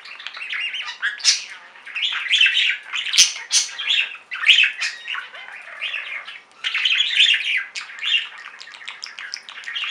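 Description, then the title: Budgerigar chatter, dense raspy warbling with squawks and chirps, hardly pausing. "Budgie Sounds"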